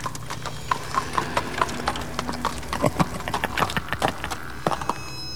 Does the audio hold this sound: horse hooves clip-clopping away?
yes